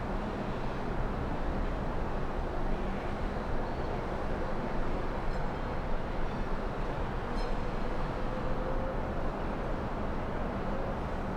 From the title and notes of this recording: Melbourne City early evening sounds from 29 floors above the ground. It's recorded using two microphones placed as if they were human ears. Today, a city soundscape from the 29th floor overlookingh the Docklands area.